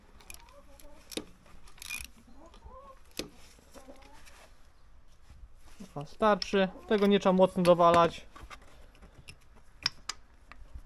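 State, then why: Not seated. After a spark plug on an MRF 80 runner pit bike engine has been lightly tightened, its cap is handled to be pushed back onto the plug. Sharp metallic ticks and small clicks are heard while someone talks. The clip ends just before the cap goes home, and nothing has seated or clicked yet.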